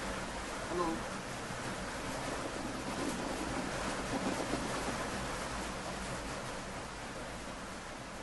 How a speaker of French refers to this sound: Donc, ça veut dire que vous entendez le bruit de la pluie chez moi, n'est-ce pas? Oui, frère, on entend la pluie, là.